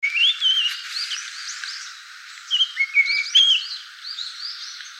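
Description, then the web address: Japanese grosbeak giving clear whistled notes that slur up and down, in short phrases with pauses, while softer chirps from other birds continue behind. Recorded 16 March 2017. "birdenaga ikaru SC 170316"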